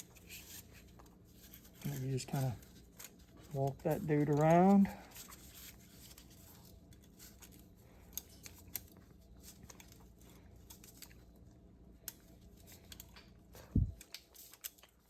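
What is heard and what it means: A top ring piece is walked around a piston from a 1966 Chevy C10 283 V8 engine toward its groove while someone talks early on. Faint scraping and small metallic ticks follow around 8 to 9 seconds, 12.1 seconds and 14.1 seconds. Nothing has seated or clicked yet.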